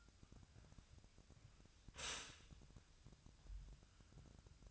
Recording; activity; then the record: daily activity, microphone in the room; stop toaster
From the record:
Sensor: 2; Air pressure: 1001.8 hPa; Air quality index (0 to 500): 245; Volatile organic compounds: 37 ppm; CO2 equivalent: 3090 ppm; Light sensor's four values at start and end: 9/30/12/11 and 9/30/12/11